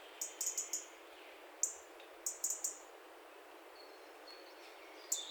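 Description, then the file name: European robin giving short, clicky ticks, some in quick runs and others single, with a few faint thin high notes later on. "Erithacus rubecula"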